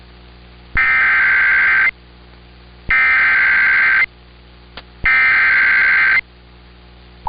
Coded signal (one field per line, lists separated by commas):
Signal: Emergency Alert System (SAME) tones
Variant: header bursts